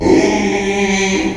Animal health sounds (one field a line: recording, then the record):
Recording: squeal of a Yucatan mini pig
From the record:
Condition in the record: after surgery on the right vocal fold (resection and tissue-engineered implant)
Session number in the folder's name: 2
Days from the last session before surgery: 13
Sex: male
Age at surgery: 12 weeks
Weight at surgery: 13 kg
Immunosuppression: cyclosporine, prednisolone